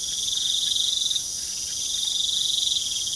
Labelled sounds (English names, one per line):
none